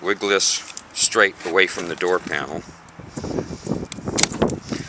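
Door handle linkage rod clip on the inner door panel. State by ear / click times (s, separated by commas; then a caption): released / 4.2 s. Someone talks while working on the door handle linkage rod clip on the inner door panel of a 2012–2015 Ford Focus during rear speaker removal: the clip is turned to release its two small locks, then the linkage rod is wiggled straight away from the door panel. Rustling handling noises follow, and a sharp pop at 4.2 s marks the clip coming free and the linkage being released.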